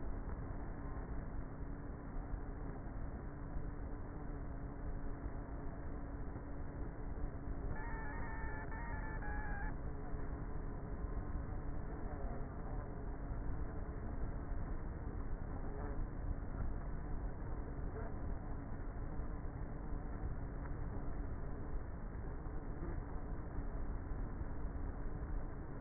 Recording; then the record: honeybee colony, microphone inside the hive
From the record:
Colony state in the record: queenless with a low population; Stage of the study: before two queens were removed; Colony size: about 30,000 bees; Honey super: no